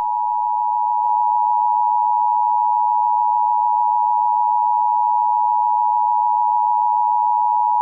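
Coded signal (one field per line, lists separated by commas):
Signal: Emergency Alert System (SAME) tones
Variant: 853 and 960 Hz attention tone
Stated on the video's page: Fictional, fake EAS scenario, not real.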